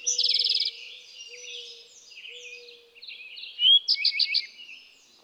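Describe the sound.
Eastern towhee song opens with a fast buzzing trill; other birds twitter steadily behind, a low hum runs underneath, and a burst of short notes follows later.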